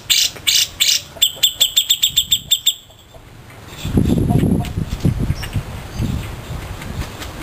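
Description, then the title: Grey-cheeked bulbul song: a fast run of repeated high chattering notes for three seconds, then lower rumbling and scuffling noises. Song used to train cage birds. "Cucak Jenggot Masteran Durasi Panjang"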